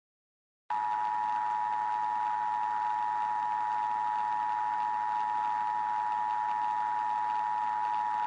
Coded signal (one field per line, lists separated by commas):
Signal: Emergency Alert System (SAME) tones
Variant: 853 and 960 Hz attention tone